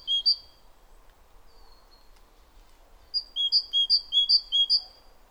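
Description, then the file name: Great tit song: a couple of ringing two-note phrases, then after a pause a run of several more, high then lower, repeated rapidly. "Parus major"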